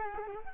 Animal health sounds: mosquito wingbeat signal from an infrared sensor; Culex quinquefasciatus

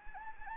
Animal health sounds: mosquito wingbeat signal from an infrared sensor; Anopheles gambiae

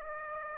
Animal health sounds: mosquito wingbeat signal from an infrared sensor; Aedes aegypti

